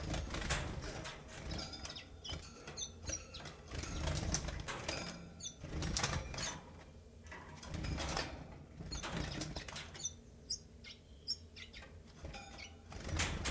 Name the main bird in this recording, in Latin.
Phylloscopus collybita